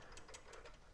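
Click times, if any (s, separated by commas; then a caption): none. A pressure washer hose is pulled off a wall-mounted retractable hose reel, with the reel's ratchet latch meant to click and hold the hose at length. A steady mechanical whir carries repeated short rattling bursts as the hose pays out. The ratchet latch has not yet clicked to hold.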